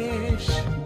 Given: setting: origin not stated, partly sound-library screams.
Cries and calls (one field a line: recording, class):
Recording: one-second piece from a danger detection set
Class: normal situation